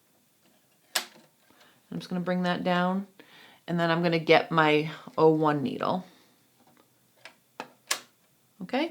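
Needle thread on an Ovation serger is snapped into the pre-tension unit, giving a sharp click at 1.0 s as the thread seats. Someone talks, and a few fainter short ticks follow near the end.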